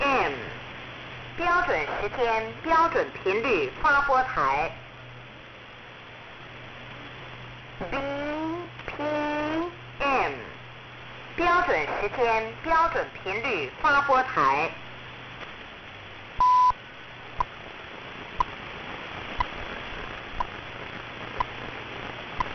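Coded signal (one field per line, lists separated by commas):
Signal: radio time signal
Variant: BPM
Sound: spoken station announcement over shortwave hiss, then a brief tone and second ticks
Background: radio static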